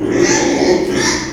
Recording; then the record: squeal of a Yucatan mini pig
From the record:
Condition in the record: before surgery on the right vocal fold (resection and tissue-engineered implant); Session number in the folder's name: 1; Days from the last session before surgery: -3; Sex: male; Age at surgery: 12 weeks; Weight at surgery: 13 kg